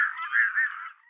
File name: Sterntaucher Gavia stellata